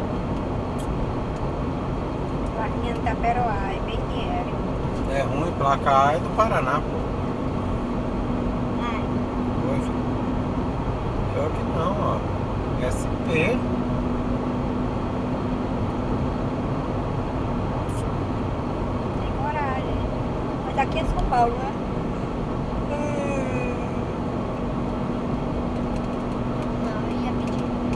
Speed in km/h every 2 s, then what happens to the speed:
86, 87, 89, 91, 94, 93, 93, 96, 94, 94, 90, 91, 91, 92.
0-14 speeds up to 96. 14-28 steady at about 92.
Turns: none.